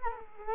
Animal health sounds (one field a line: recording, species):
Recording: mosquito wingbeat signal from an infrared sensor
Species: Culex quinquefasciatus